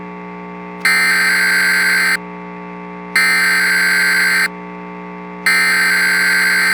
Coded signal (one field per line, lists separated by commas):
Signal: Emergency Alert System (SAME) tones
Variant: header bursts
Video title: EAS Recreation - EXTREME WIND WARNING for Tampa, FL! [Hurricane Milton] (October 9, 2024)